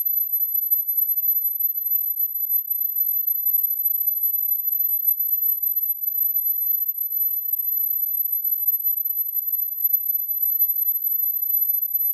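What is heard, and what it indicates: A steady, very high-pitched ringing tone, a single narrow pitch near 11 kHz, loops unchanged at a faint, reduced level: a simulation of tinnitus.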